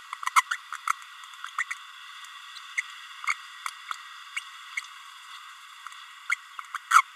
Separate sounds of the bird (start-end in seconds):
0.36-0.42, 0.51-0.57, 0.90-0.93, 1.58-1.64, 1.70-1.74, 2.77-2.81, 4.36-4.40, 6.29-6.34, 6.74-6.77, 6.90-7.01